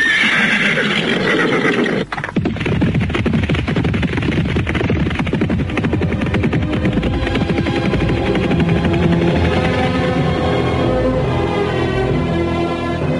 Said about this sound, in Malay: Para Cigading dan pemuda yang bernama Hesti Rajasa menunggang kudanya dengan cepat. Mereka melintasi pepohonan dan padang ilalang.